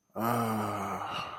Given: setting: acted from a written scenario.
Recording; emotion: vocal sound without words; contentment